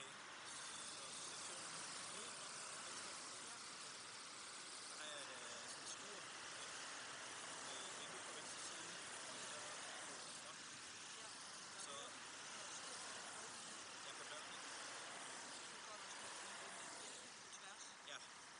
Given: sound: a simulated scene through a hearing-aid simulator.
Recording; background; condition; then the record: conversation; traffic; -6 dB SNR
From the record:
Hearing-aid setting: anchor resembling a broken hearing aid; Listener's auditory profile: C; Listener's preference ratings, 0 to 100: 13, 2, 1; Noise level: 75 dB SPL